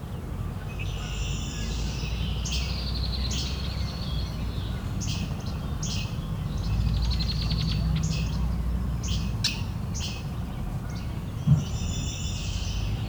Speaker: red-winged blackbird's having an argument here.